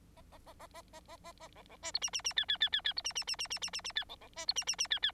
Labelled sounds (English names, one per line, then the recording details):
Bengalese Finch song
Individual Bird9